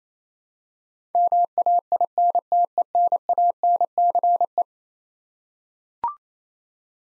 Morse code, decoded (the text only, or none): MAINTENANCE